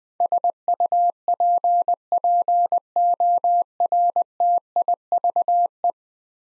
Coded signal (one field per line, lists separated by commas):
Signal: Morse code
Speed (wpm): 21 wpm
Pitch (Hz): 700 Hz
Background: none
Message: SUPPORTIVE